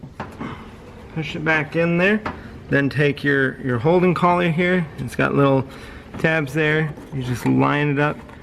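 A plastic headlight bulb holding collar with little tabs is handled and lined up in the headlight housing of a 2012-2022 Mitsubishi Mirage during a high/low beam bulb replacement. Someone talks throughout, and a brief sharp sound occurs near 0.2 s. Nothing has seated or clicked yet.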